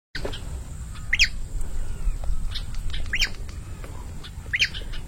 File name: Canto do papa piri